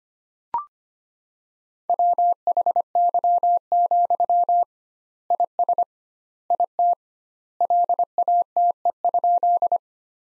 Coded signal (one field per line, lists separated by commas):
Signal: Morse code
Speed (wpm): 25 wpm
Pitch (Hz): 700 Hz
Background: none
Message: WHY, IS IT LATE?